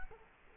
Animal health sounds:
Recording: mosquito wingbeat signal from an infrared sensor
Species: Culex quinquefasciatus

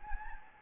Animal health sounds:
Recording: mosquito wingbeat signal from an infrared sensor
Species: Anopheles gambiae

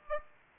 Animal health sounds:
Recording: mosquito wingbeat signal from an infrared sensor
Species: Aedes aegypti

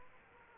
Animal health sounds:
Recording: mosquito wingbeat signal from an infrared sensor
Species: Aedes aegypti

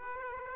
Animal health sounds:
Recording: mosquito wingbeat signal from an infrared sensor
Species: Aedes aegypti

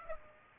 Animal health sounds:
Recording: mosquito wingbeat signal from an infrared sensor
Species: Aedes aegypti

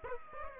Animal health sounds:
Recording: mosquito wingbeat signal from an infrared sensor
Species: Aedes aegypti

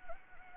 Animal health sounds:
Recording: mosquito wingbeat signal from an infrared sensor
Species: Anopheles gambiae

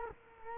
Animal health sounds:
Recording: mosquito wingbeat signal from an infrared sensor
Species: Culex quinquefasciatus

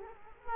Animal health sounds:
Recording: mosquito wingbeat signal from an infrared sensor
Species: Culex quinquefasciatus

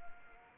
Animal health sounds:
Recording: mosquito wingbeat signal from an infrared sensor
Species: Anopheles arabiensis

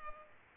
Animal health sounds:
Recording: mosquito wingbeat signal from an infrared sensor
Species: Culex pipiens

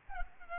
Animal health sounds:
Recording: mosquito wingbeat signal from an infrared sensor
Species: Culex pipiens

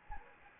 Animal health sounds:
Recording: mosquito wingbeat signal from an infrared sensor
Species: Anopheles gambiae

